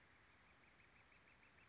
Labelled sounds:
Northern Flicker (Colaptes auratus)
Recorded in Sonoma County, California

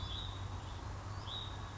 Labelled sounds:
Hutton's Vireo (Vireo huttoni)
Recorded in Sonoma County, California

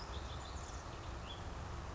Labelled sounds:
House Finch (Haemorhous mexicanus)
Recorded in Sonoma County, California

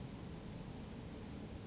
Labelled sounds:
Western Flycatcher (Empidonax difficilis)
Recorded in Sonoma County, California

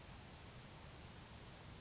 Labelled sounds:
Grasshopper Sparrow (Ammodramus savannarum)
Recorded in Sonoma County, California

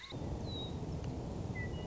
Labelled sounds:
Western Meadowlark (Sturnella neglecta)
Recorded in Sonoma County, California

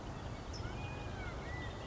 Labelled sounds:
California Quail (Callipepla californica)
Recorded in Sonoma County, California

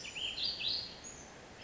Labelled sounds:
Ash-throated Flycatcher (Myiarchus cinerascens)
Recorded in Sonoma County, California

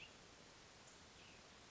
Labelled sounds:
Cassin's Vireo (Vireo cassinii)
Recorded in Sonoma County, California

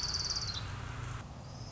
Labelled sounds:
Orange-crowned Warbler (Leiothlypis celata)
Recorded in Sonoma County, California

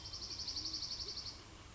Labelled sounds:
Dark-eyed Junco (Junco hyemalis)
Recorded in Sonoma County, California

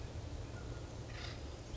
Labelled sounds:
Acorn Woodpecker (Melanerpes formicivorus)
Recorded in Sonoma County, California

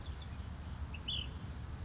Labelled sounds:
Ash-throated Flycatcher (Myiarchus cinerascens)
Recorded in Sonoma County, California

